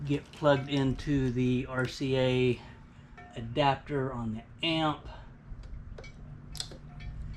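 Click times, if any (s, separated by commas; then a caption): 6.6 s. RCA leads are plugged into the RCA adapter on the amplifier of a 2022 Road Glide motorcycle. Someone talks for the first five seconds, then quieter handling noises follow. Sharp clicks at about 6.5 and 6.6 seconds mark the connector seating.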